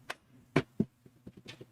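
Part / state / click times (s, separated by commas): plastic front panel onto a desktop PC case / seated / 0.6 s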